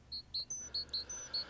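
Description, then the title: Great tit notes: a short run of clear whistled notes, mostly at a lower pitch with an occasional higher one. "Viikon luontoääni: Talitiainen"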